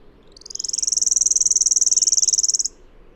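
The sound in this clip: Bird with one long, high, rapidly pulsed trill of about two seconds that grows louder at first, then halts cleanly.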